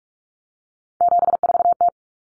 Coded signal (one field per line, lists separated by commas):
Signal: Morse code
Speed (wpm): 44 wpm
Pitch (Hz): 700 Hz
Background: none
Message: 74T